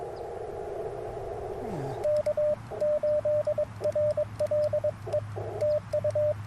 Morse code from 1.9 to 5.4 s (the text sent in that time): K8RLE